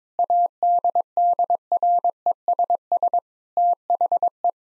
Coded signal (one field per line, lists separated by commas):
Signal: Morse code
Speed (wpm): 22 wpm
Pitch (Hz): 700 Hz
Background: none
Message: ADDRESS THE